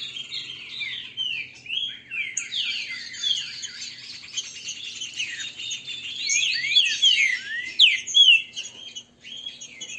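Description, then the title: Green-winged saltator giving a continuous, busy stream of chirps and slurred whistles, thickest in the second half, over a quiet background hum. Green-winged saltator singing in the 'voz 08' song style, described as singing and 'macheando'. "Canto De Trinca Ferro Voz 08. esse TRINCA FERRO cantando e macheando"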